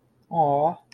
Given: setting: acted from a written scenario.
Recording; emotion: vocal sound without words; adoration